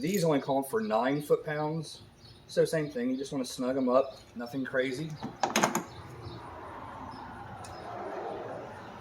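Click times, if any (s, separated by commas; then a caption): none. On a Honda Civic, the ignition coil bolts are snugged to nine foot-pounds during a spark plug replacement, and the plastic wiring harness connector is handled near the ignition coil while someone talks. Two brief sharp taps come at about 5.6 s and 5.8 s, followed by quiet background noise. Nothing has seated or clicked yet; the connector is not yet home on the coil.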